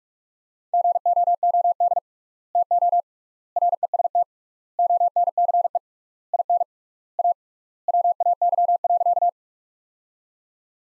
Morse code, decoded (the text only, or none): GOOD TO REST ONCE IN A WAY.